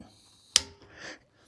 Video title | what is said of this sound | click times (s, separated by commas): How To Fix A Running Toilet Quick & Easy! | Once you hear that click with these fluid master nuts, good to go. | 0.6 s